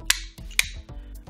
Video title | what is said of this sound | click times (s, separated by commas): How To Replace The Cutting Wheel Of A Nerrad Ratchet Action Copper Tube Cutter- Pipestock Tutorials | know it's the right way around so let's pop this back into place and you can hear that click seeing nicely | 0.1 s, 0.6 s